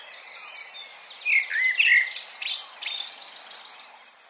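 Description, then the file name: Common blackbird whistling a brief fluted phrase while another bird keeps up a fast, high trilling series of repeated notes around it. "Turdus merula"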